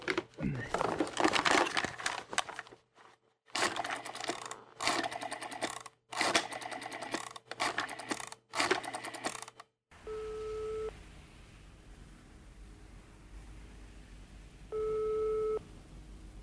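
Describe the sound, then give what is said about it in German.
After several seconds of loud, rhythmic mechanical rattling bursts, a telephone rings twice: steady, mid-pitched electronic tones lasting about a second each, separated by a few seconds of quiet. “Denn jetzt schon wieder das Telefon.”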